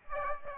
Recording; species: mosquito wingbeat signal from an infrared sensor; Aedes aegypti